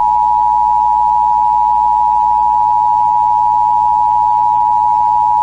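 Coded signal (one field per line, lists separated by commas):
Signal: Emergency Alert System (SAME) tones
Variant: 853 and 960 Hz attention tone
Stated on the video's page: Fictional Emergency Alert System scenario presented as a found tape; nothing depicted really happened.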